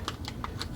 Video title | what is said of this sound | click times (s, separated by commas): Transformers Troop Builder Multipack Quintesson Trooper | that will snap | 0.1 s, 0.4 s